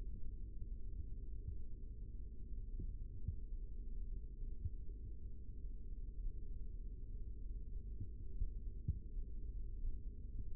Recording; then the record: forearm muscle sounds (acoustic myography)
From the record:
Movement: rest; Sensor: system 3, bracelet of six PUI Audio POM-2738L microphones around the upper forearm, with dedicated amplification and filtering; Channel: 4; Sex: male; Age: 25 years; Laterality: right